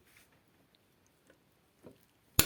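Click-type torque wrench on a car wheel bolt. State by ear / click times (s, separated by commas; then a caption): torque reached / 2.4 s. A click-type torque wrench set to about 150–154 Nm is tightening a car wheel bolt. Faint scrapes and soft ticks lead up to a sharp, loud click at 2.4 s as the wrench reaches its setting. The bolt is at the set torque and cannot be tightened any further.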